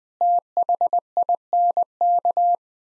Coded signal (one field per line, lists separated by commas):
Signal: Morse code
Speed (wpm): 21 wpm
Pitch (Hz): 700 Hz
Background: none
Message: THINK